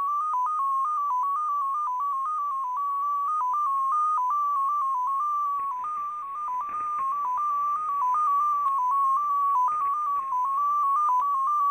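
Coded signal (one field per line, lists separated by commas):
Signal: numbers station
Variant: XPA2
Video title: [XPA2] Scheduled transmission + perfect copy; 21. June 2020, 21:20 UTC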